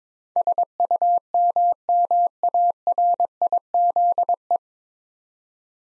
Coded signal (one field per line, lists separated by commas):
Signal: Morse code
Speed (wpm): 22 wpm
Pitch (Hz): 700 Hz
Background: none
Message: SUMMARIZE